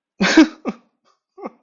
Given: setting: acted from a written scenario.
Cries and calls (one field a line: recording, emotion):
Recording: vocal sound without words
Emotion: sadness